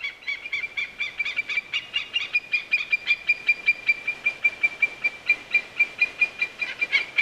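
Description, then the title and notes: White-tailed eagle calling, a long fast series of shrill yelping notes, steady in pitch and keeping on throughout. "Merikotka. Juha Laaksonen"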